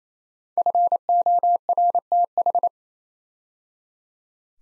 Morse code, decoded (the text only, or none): FORTH